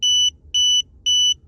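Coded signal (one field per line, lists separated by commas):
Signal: alarm pattern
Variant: tire pressure monitor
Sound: three evenly spaced high-pitched electronic beeps, about a quarter second each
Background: low background rumble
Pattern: 3 short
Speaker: the tire pressure monitor went off and was going crazy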